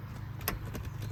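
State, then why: Seated. After several failed tries, the connector at the fuel pump of a Subaru EJ253 is pushed in again, and a sharp click at 0.5 s shows it seating, though it may not be fully home. Fainter ticks around 0.4 s, 0.8 s and 1.1 s sit over a steady low rumble.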